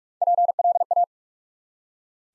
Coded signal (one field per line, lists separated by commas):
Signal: Morse code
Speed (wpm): 44 wpm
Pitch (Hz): 700 Hz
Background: none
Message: PLA